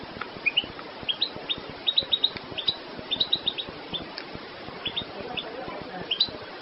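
Goldfinch song: quick bright twittering notes in short clusters, tinkling and chirpy, continuing throughout over a steady low background hiss.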